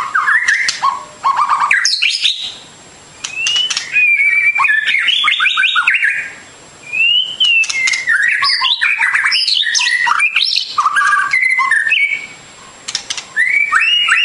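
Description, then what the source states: Bird song in lively bursts of chirps, trills and slurred whistles, broken by three short quiet pauses. Complete masteran birdsong for training.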